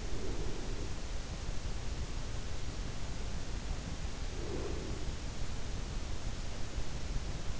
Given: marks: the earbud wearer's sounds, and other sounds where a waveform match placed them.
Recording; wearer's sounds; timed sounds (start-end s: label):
sounds in sleep by an in-ear microphone; breath
0.00-1.25 s: breath
4.26-5.32 s: breath